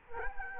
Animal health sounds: mosquito wingbeat signal from an infrared sensor; Culex quinquefasciatus

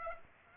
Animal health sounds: mosquito wingbeat signal from an infrared sensor; Aedes aegypti

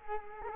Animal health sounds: mosquito wingbeat signal from an infrared sensor; Culex quinquefasciatus

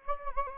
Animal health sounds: mosquito wingbeat signal from an infrared sensor; Anopheles gambiae

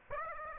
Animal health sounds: mosquito wingbeat signal from an infrared sensor; Aedes aegypti

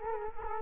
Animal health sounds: mosquito wingbeat signal from an infrared sensor; Culex quinquefasciatus

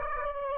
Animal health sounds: mosquito wingbeat signal from an infrared sensor; Aedes aegypti

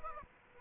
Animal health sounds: mosquito wingbeat signal from an infrared sensor; Aedes aegypti

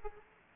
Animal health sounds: mosquito wingbeat signal from an infrared sensor; Aedes aegypti

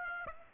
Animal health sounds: mosquito wingbeat signal from an infrared sensor; Aedes aegypti

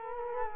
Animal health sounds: mosquito wingbeat signal from an infrared sensor; Culex quinquefasciatus

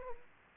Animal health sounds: mosquito wingbeat signal from an infrared sensor; Anopheles arabiensis

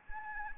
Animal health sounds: mosquito wingbeat signal from an infrared sensor; Anopheles gambiae

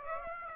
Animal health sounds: mosquito wingbeat signal from an infrared sensor; Aedes aegypti

